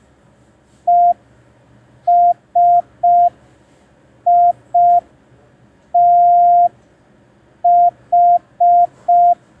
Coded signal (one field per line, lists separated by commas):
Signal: Morse code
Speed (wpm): 5 wpm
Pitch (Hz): 700 Hz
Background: none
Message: ESITH